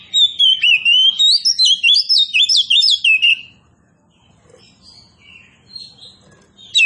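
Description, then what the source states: Oriental magpie-robin song of about three seconds of quick, bright, rising whistles, followed by softer scattered notes. Kacer poci variety, described as gacor, singing vigorously.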